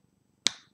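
A plastic LEGO piece is pushed onto a LEGO model, giving a single loud, sharp snap at 0.5 s over a faint low background hum, with a brief tail that fades over about a quarter second. The piece seats firmly in place.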